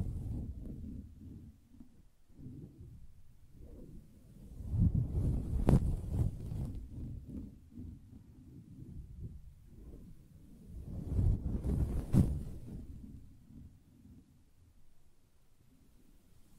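Fingers tap and scratch on a soft fabric surface, making a low, muffled rustling that runs throughout. The sound swells into denser bursts around five to six seconds and again near eleven to twelve, each with a sharper tap, then settles back.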